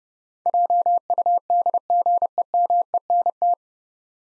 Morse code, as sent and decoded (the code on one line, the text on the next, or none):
.--- ..- -.. --. . -- . -. -
JUDGEMENT